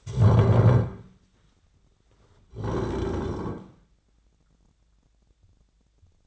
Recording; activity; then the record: daily activity, microphone in the room; stand up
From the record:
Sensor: 3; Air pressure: 1009.2 hPa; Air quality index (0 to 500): 182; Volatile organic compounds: 3 ppm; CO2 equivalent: 1472 ppm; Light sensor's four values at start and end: 46/118/52/52 and 39/102/45/46